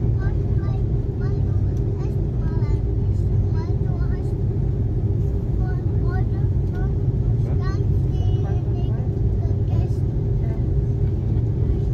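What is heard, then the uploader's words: Airliner engines keep up a steady, heavy low roar throughout, with a constant hum band just above it. Passengers' voices murmur over the drone in short, scattered bursts of speech that come and go all the way through. FULL FLIGHT - Airbus A330 Palma to Frankfurt (Condor). Full flights with all of it's sounds including passenger announcements, service and of course the engines.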